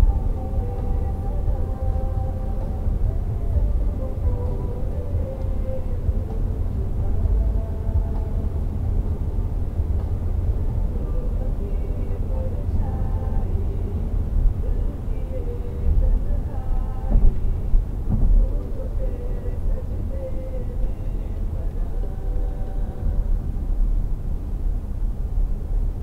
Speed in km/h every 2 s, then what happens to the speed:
109, 110, 112, 113, 114, 113, 114, 113, 107, 106, 103, 97, 96.
0-14 steady at about 113. 14-22 slows to 97.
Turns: none.